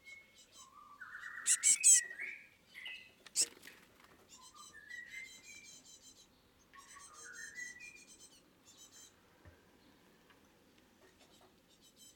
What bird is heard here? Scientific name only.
Parus major